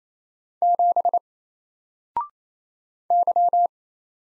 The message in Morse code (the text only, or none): 7 Y